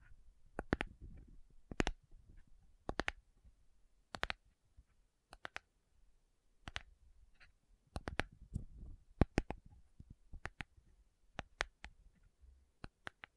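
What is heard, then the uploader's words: Slow tapping on metal, with sharp bright clicks landing irregularly, often in pairs or short clusters, about once or twice a second. A soft low rumble swells between some taps, especially early and around the eighth second. ASMR Sleepy Slow Tapping Metal Sounds (No Talking).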